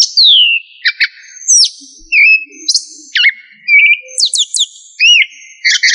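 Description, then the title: Thrush singing a rich sequence of clear whistles, abrupt high notes and slurred glides, phrases following one another rapidly. "Familia Turdidae - Sabia"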